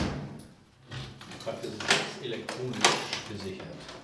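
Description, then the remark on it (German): A lock clicks and rattles as the door of a red brick house is unlocked and pushed open, with two sharp metallic clacks standing out over a steady murmur of background voices and noise. “schließt die Tür des roten Backsteinhauses auf.”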